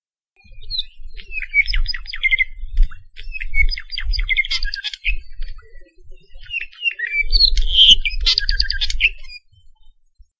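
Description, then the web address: Apapane song in several bursts of rattling trills mixed with whistled and squeaky notes, with low rumbling noise underneath. Recorded along Saddle Road, Hawaii. "Saddle Road Birding Songfiles apapanelong"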